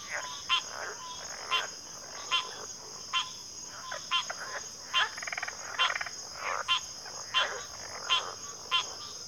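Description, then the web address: Crickets trill steadily at a high pitch, punctuated by sharp clicking calls a little less than once a second and occasional rattling calls. Chorus of crickets at a backwater. "Natures Songs Sleep Sounds of Nature CRICKETS 03 Backwater Chorus"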